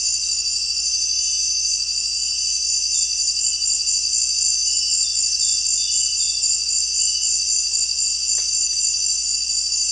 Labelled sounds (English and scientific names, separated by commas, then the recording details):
none
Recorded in secondary vegetation near Puerto Asís, Putumayo, Colombia, on 22 June 2025 at 18:30
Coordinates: 0.499, -76.323
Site G077